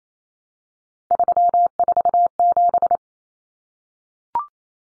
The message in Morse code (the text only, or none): 347